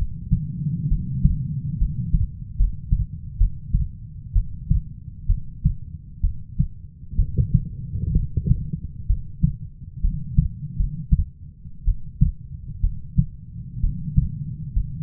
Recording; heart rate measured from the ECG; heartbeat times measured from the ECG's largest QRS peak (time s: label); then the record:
heart sounds by stethoscope; 65 bpm
0.88 s: heartbeat
1.78 s: heartbeat
2.57 s: heartbeat
3.37 s: heartbeat
4.33 s: heartbeat
5.26 s: heartbeat
6.21 s: heartbeat
7.16 s: heartbeat
8.13 s: heartbeat
9.07 s: heartbeat
10.02 s: heartbeat
10.77 s: heartbeat
11.85 s: heartbeat
12.81 s: heartbeat
13.81 s: heartbeat
14.73 s: heartbeat
From the record:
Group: healthy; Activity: rest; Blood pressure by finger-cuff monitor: 125/67 mmHg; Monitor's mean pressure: 88 mmHg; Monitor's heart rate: 64 bpm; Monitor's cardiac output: 6 L/min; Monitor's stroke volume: 94 mL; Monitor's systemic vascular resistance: 1080 dyn s/cm5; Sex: female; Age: 37 years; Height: 168 cm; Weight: 70 kg